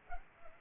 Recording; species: mosquito wingbeat signal from an infrared sensor; Culex pipiens